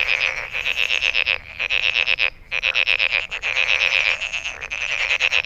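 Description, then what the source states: Frogs calling in a dense chorus of fast, rattling pulsed notes at a high pitch, briefly pausing and resuming, with overlapping callers throughout. Recorded on 23 May 2008.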